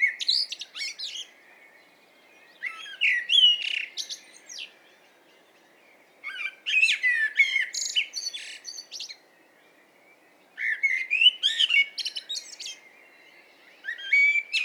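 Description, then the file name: Common blackbird song: three phrases separated by short pauses, each mixing fluted warbles with high, squeaky twitters. "Turdus merula"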